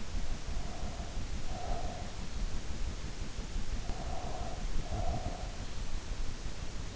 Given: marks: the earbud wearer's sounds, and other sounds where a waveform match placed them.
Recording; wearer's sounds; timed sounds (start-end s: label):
sounds in sleep by an in-ear microphone; breath
0.44-2.34 s: breath
3.81-5.68 s: breath